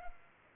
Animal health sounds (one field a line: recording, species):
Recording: mosquito wingbeat signal from an infrared sensor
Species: Culex pipiens